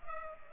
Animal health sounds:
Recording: mosquito wingbeat signal from an infrared sensor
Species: Culex pipiens

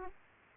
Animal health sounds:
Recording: mosquito wingbeat signal from an infrared sensor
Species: Aedes aegypti

